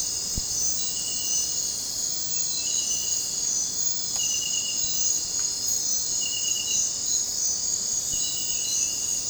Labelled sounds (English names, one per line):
none